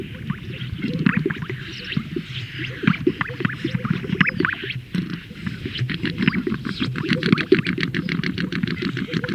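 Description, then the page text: Greater sage-grouse display sounds: a dense chorus of low bubbling pops and gurgles, with brief higher swishes and whistled notes overlapping throughout. Males performing at a lek, inflating a large sac and releasing the air. "Greater Sage Grouse Lek Sound Effect. Funny Sound Effects. Greater Sage Grouse males performing at a lek, where they inflate a large sac and release the air"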